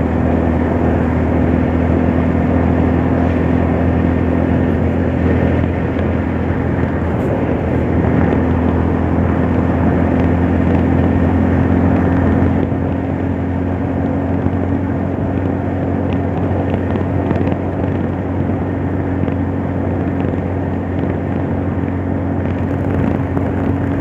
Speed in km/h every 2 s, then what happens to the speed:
87, 88, 89, 88, 89, 93, 94, 95, 96, 95, 94, 96.
0-24 steady at about 93.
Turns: none.